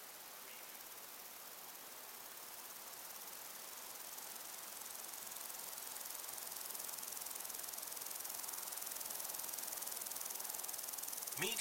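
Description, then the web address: Thin, high cricket trilling, somewhat uneven and slowly growing louder, beneath a broad windy hiss; a brief sliding sound at the close. Crickets and other insects in windy long grass. "beanstalk-audio Crickets and insects in windy long grass"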